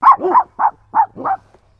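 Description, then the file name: Dog (Labrador, Poodle): dogs barking, five quick hoarse barks in under two seconds, some overlapping in a double bark, then silence. Labrador and Poodle dogs barking. "ANIMAL DOGS LABRADOR POODLE BARKING"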